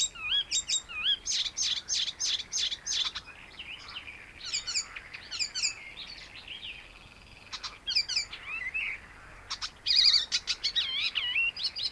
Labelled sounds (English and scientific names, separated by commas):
Icterine Warbler (Hippolais icterina) song